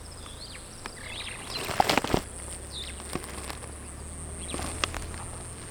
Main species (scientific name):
Lamprotornis superbus